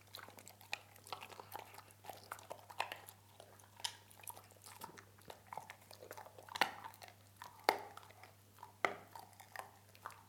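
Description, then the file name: Dog crunching food in uneven bursts, with a few louder bites standing out, and a low continuous hum underneath. "Hund frisst"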